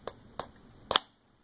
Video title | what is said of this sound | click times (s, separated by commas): Malanika Puuko, in-depth review | it actually makes a clicking noise when you bring it in let's see if we can hear | 0.9 s, 1.0 s